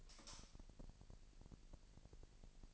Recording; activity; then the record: daily activity, microphone in the room; light off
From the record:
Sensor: 5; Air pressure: 1002.0 hPa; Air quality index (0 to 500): 229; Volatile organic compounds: 32 ppm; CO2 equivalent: 2996 ppm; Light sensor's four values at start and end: 16/38/16/17 and 15/36/15/16